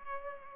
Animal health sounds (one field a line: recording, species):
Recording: mosquito wingbeat signal from an infrared sensor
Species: Culex pipiens